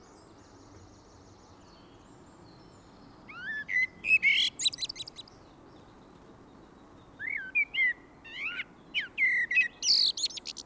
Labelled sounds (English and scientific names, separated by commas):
Common Blackbird (Turdus merula) song